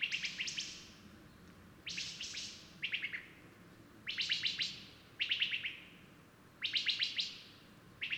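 Bird song in short bursts of four or five rapid high chirps, repeated every one to two seconds, each burst trailing off with a fading tail.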